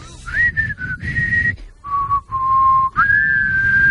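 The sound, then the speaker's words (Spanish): A person whistles a catchy TV series theme tune, a few clear sustained notes stepping between higher and lower pitches with short breaks, fairly loud with a soft low rumble underneath. “Y eso es lo que van silbando los...”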